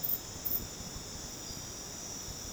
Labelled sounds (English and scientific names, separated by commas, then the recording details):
none
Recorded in dense forest near Puerto Asís, Putumayo, Colombia, on 12 March 2025 at 23:00
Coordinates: 0.486, -76.317
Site G053